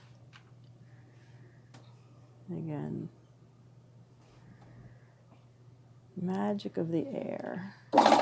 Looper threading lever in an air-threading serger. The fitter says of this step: and here click in place